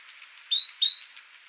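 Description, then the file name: Great tit uttering two clear, high whistled notes, each slightly rising, over a faint hiss. "Parus major"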